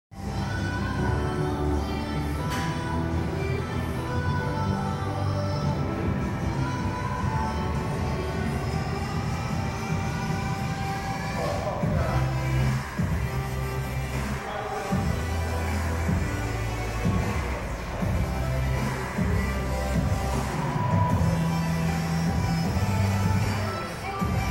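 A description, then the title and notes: Inside a gym in the Bronx, a constant dense wash of sound fills the whole clip, with low thumping notes and a steady hum beneath. Faint voices and clanks surface now and then, and a sharper bang lands around twelve seconds. Impression of the interior of Dolphin Gym in the Bronx NYC.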